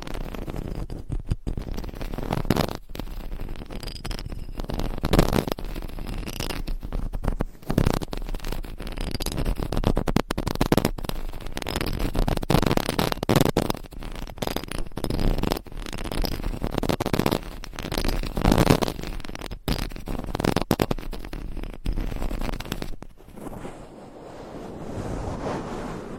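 Dense scratching and rubbing on a microphone runs without pause, a rough rushing texture broken by frequent sharp taps and scrapes.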